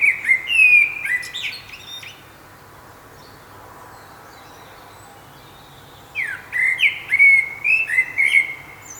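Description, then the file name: Common blackbird giving short, clear whistled phrases with quick downward slurs, a burst at the start, a pause of several seconds, then another run of whistles. "Turdus merula"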